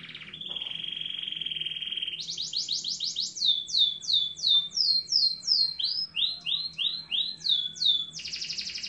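Bird song beginning with a long even buzzy note, then a string of sharp falling whistles and curved slurs. It ends in a harsh buzzy rattle.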